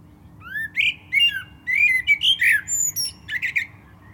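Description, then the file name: Common blackbird singing mellow whistled notes mixed with thin, squeaky high twitters. "Turdus merula"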